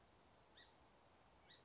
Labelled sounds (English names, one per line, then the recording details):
Song Sparrow
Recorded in Sonoma County, California